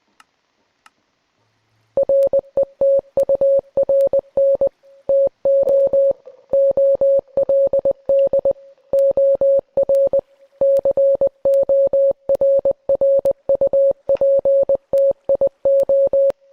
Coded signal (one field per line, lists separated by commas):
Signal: Morse code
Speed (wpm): 20 wpm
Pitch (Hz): 550 Hz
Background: none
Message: RETURN TO OLD OR CORRUPTIO